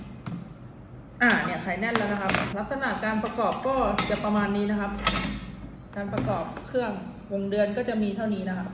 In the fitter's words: พร้อมกับหมุนไปเรื่อยๆนะครับมันจะเข้าล็อคมันเองอ่าเนี่ยเข้าล็อคแล้วอ่า